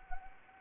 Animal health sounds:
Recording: mosquito wingbeat signal from an infrared sensor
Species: Anopheles gambiae

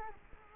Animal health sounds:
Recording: mosquito wingbeat signal from an infrared sensor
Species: Culex quinquefasciatus

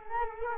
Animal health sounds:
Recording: mosquito wingbeat signal from an infrared sensor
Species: Culex quinquefasciatus

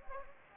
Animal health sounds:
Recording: mosquito wingbeat signal from an infrared sensor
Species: Anopheles gambiae

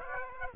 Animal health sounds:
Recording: mosquito wingbeat signal from an infrared sensor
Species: Aedes aegypti

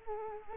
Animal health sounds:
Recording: mosquito wingbeat signal from an infrared sensor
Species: Culex quinquefasciatus

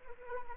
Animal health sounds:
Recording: mosquito wingbeat signal from an infrared sensor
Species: Anopheles arabiensis

